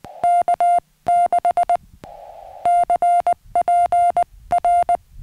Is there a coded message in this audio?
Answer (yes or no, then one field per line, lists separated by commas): yes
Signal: Morse code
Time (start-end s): 0.2-5.0 s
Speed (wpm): 20 wpm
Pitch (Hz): 700 Hz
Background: music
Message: K6 CPR